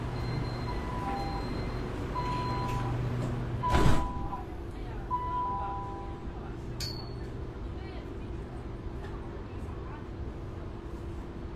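Cooling equipment in a Shenzhen metro hums low and steady, with a constant drone throughout. Short high beeps sound during the first five seconds, a sharp clunk lands near four seconds, and a brief bright squeak follows around seven seconds.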